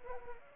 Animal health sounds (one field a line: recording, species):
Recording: mosquito wingbeat signal from an infrared sensor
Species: Anopheles arabiensis